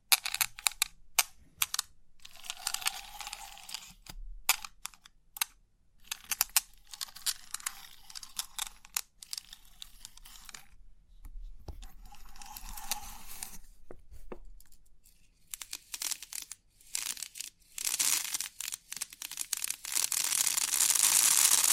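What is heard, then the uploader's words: Crisp 3D pin art tingles: dense bursts of bright clicking and tapping in uneven runs, growing louder and hissier near the end. Crisp 3D Pin Art Tingles(No Talking).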